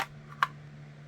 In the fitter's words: bada bang click